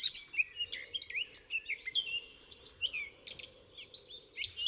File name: Sylvia atricapilla